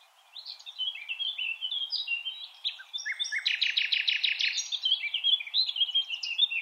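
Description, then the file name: Common nightingale singing a rich, continuous phrase of varied whistles and chirps, building to a fast series of loud repeated notes in the middle. "Luscinia megarhynchos"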